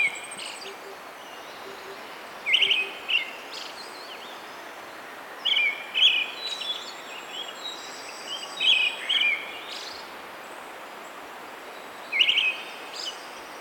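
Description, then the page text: Brown-headed thrush giving a string of brief warbled phrases with high thin tails, spaced a few seconds apart, over a faint hiss and a few soft low notes. "Desmond Allen - Золотистый дрозд (Turdus chrysolaus)"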